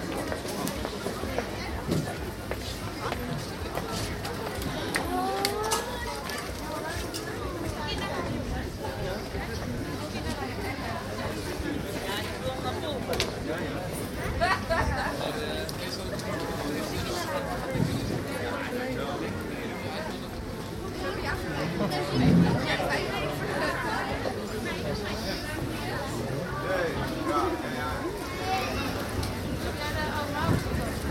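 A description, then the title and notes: A busy market hums with dense, overlapping chatter of many voices, steady throughout, with occasional clatter and traffic. Home Made Market Zeeheldenkwartier, Den Haag. Recorded while making a promotion video for the Home Made Market in the Zeeheldenkwartier.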